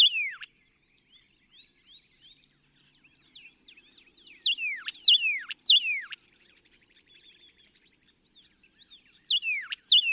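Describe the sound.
Northern cardinal repeating sharp, downslurred whistled notes in short bursts, with soft notes between phrases.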